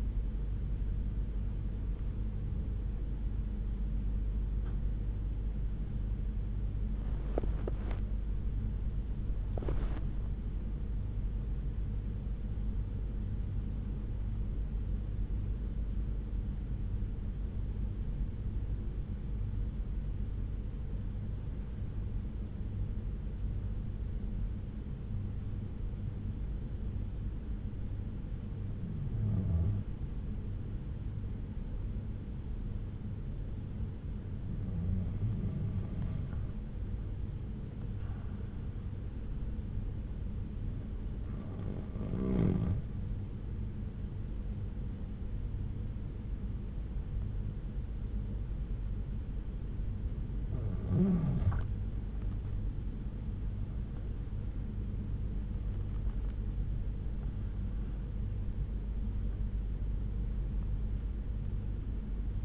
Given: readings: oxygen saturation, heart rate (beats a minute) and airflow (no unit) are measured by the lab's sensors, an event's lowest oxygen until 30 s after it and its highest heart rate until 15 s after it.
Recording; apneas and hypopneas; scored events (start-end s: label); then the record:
breathing in sleep by a smartphone at the bedside; 1
17.00-49.40 s: hypopnea (N1, oxygen 96% highest, then 88% lowest)
33.00-62.45 s: new sleep stage, N2 (light sleep)
From the record:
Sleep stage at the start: N1 (lightest sleep); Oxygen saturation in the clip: 88 to 96%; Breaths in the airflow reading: 13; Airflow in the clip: -8.9 to 9.2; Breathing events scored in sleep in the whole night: 368 in 8.0 hours asleep